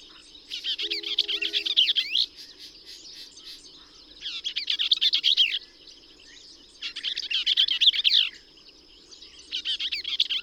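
Bell's vireo delivering four quick, harsh, warbled song bursts, spaced by short silences, with a thin steady background whine.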